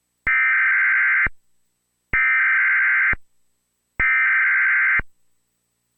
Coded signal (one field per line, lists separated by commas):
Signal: Emergency Alert System (SAME) tones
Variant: header bursts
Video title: EAS #54 - Tornado Warning for Robertson and Sumner Tennessee